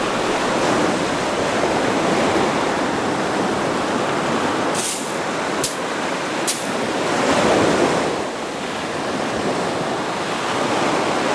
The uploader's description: the gentle sounds of sand shifting and the waves washing over